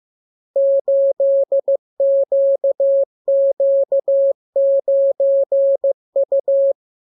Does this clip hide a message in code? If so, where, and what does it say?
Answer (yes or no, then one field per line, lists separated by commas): yes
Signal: Morse code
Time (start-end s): 0.6-6.7 s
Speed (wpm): 15 wpm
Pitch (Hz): 550 Hz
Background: none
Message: 8QQ9U